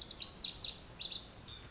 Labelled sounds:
Lazuli Bunting (Passerina amoena)
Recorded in Sonoma County, California

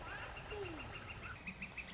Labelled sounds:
Northern Flicker (Colaptes auratus)
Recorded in Sonoma County, California

